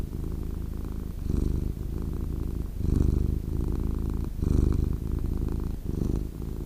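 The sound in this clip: Cat purring, a low steady rumble that swells and eases roughly every one and a half seconds.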